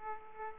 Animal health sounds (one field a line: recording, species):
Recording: mosquito wingbeat signal from an infrared sensor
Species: Aedes aegypti